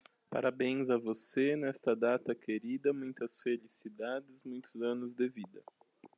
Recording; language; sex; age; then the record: short text; Brazilian Portuguese; male; 30 to 39 years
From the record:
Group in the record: control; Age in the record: 35 years